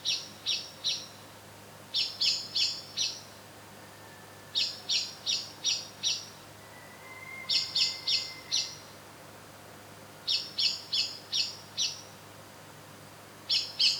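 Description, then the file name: Eurasian blackbird calling in repeated bursts of sharp, high chinks, while a faint, thin, steady tone runs briefly in the background. "Turdus merula"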